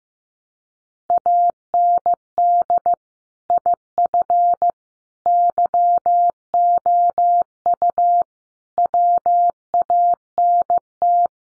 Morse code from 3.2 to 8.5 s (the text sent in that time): IF YOU